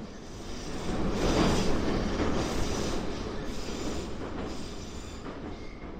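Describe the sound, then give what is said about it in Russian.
A metro train rumbles past at Alekseevskaya station in the evening, its loud, broad roar of wheels on rails swelling within the first two seconds and then easing to a steady clatter, with no voices. “На следующий день, к вечеру, я спустился в метро.”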